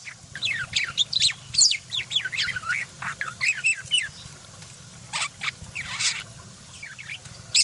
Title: Masteran Burung Parkit Gacor Jernih Durasi Panjang 1 Jam Full Isian Tembakan Kasar Cocok Buat Kacer